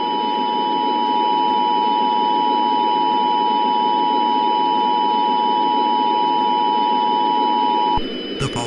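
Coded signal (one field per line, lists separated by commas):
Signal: Emergency Alert System (SAME) tones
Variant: 853 and 960 Hz attention tone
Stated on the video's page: Fictional scenario alert, simulated.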